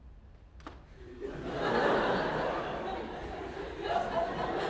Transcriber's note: laughter